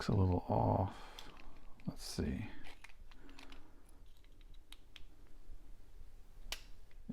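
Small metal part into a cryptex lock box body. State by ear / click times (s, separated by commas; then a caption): seated / 6.5 s. While reassembling a metal Da Vinci Code cryptex replica lock box, someone talks briefly and then presses a small metal part into its body, with a few faint ticks and taps along the way. The part snaps into place with one sharp click at 6.5 s and is seated.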